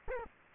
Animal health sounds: mosquito wingbeat signal from an infrared sensor; Culex quinquefasciatus

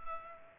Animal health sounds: mosquito wingbeat signal from an infrared sensor; Culex pipiens

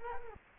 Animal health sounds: mosquito wingbeat signal from an infrared sensor; Culex quinquefasciatus

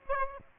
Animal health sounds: mosquito wingbeat signal from an infrared sensor; Aedes aegypti

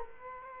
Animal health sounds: mosquito wingbeat signal from an infrared sensor; Culex quinquefasciatus

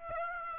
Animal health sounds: mosquito wingbeat signal from an infrared sensor; Aedes aegypti

